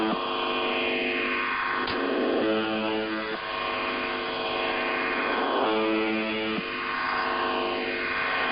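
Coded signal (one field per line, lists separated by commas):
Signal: channel marker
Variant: UVB-76 (The Buzzer)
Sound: two short harsh low buzzes about three seconds apart over constant hiss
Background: radio static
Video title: [Old Recording] The Buzzer/UVB-76 Weird Sound Transmission 01/07/2023 16:11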